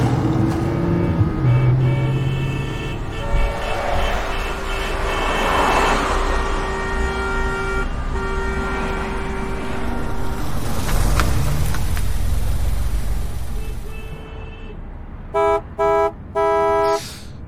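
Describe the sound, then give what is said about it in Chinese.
A traffic jam before the end of the working day rumbles as several car horns blare in long, overlapping, steady tones, then a run of three short, sharp honks closes it out. No one speaks. “还没到下班时间，怎么就堵车了？”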